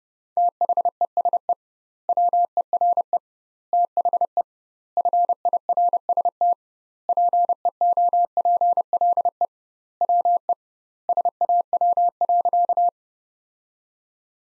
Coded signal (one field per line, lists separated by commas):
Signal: Morse code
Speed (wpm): 32 wpm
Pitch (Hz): 700 Hz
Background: none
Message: THESE WERE THE FIRST PEOPLE WE SAW.